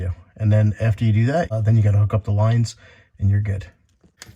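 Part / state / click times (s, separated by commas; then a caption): protective end cap on a kitchen faucet hose / released / 4.2 s. Someone talks about hooking up the lines on a Hansgrohe 04701805 Laminar kitchen faucet, then pulls the small plastic protective end cap off the end of the faucet supply hose. A faint tick at 3.9 s comes before a sharp pop at 4.2 s as the cap comes off.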